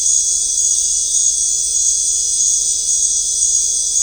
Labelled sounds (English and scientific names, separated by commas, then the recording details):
none
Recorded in dense forest near Puerto Asís, Putumayo, Colombia, on 20 December 2024 at 19:00
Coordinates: 0.499, -76.324
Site G045